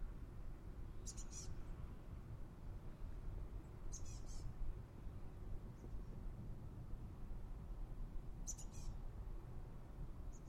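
A field recording from the Manzanita Barren in Montclair, CA, under a steady low rumble that fills the whole clip. Short bursts of high, bright bird chirping come about every three or four seconds, near the start, middle and end, with fainter calls between.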